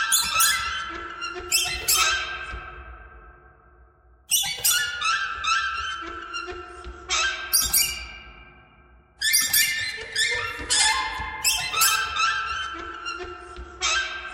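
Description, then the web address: Bird giving rapid series of shrill, falling squawks in clusters, with pauses of a second or two between clusters. "soundfactory birds"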